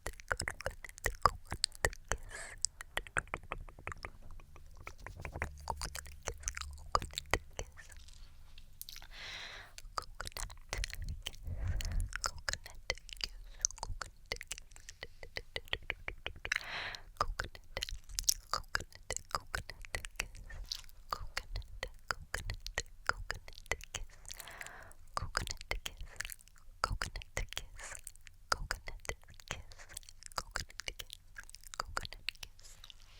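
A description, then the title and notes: Intense mouth sounds: wet clicks, smacks and crunchy chewing noises fire in rapid, uneven bursts for the whole half minute. The sounds are crisp and bright, with brief soft breathy moments and a low rumble swelling around twelve seconds. ASMR Intense Mouth Sounds & Trigger Words.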